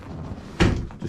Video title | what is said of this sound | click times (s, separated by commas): Supra MK4 fuel system complete | clicks back into place where it should be. | 0.6 s